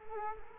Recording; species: mosquito wingbeat signal from an infrared sensor; Culex quinquefasciatus